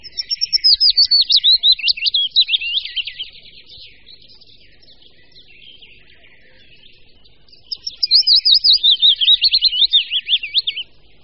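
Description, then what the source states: Willow Warbler song: two phrases of slurred high notes cascading downward, each about three seconds long, separated by a quiet gap of several seconds. Closest relative of the Common Chiffchaff and equally common; territorial song marking the breeding territory.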